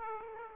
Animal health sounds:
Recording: mosquito wingbeat signal from an infrared sensor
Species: Aedes aegypti

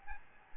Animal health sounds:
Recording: mosquito wingbeat signal from an infrared sensor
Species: Aedes albopictus

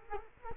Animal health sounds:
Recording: mosquito wingbeat signal from an infrared sensor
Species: Culex quinquefasciatus

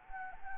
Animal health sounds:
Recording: mosquito wingbeat signal from an infrared sensor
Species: Anopheles gambiae

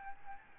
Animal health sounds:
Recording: mosquito wingbeat signal from an infrared sensor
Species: Aedes albopictus

